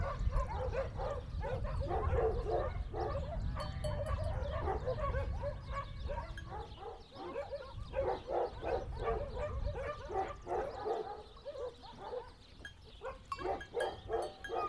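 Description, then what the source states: Dogs barking in a busy series, several barks per second, with a deep rumbling background in the first half. Dogs recorded on Spetses.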